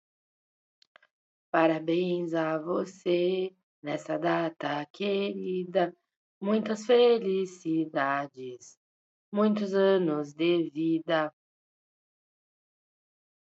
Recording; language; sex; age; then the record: short text; Brazilian Portuguese; female; 40 to 49 years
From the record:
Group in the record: control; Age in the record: 45 years